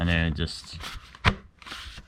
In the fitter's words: locks in like that and